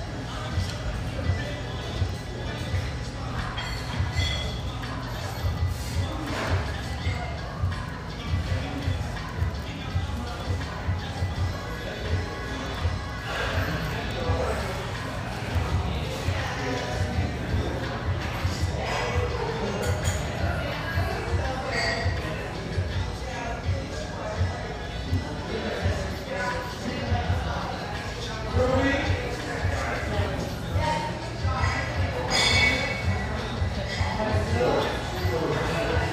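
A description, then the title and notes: A busy café hums with overlapping chatter and voices, with steady music playing underneath, its low beat and bass line running throughout. The level stays fairly constant for the whole stretch, with occasional clinks and brighter clatters rising above the murmur. Musical, upbeat vibe of this café with a view, located in a high rise.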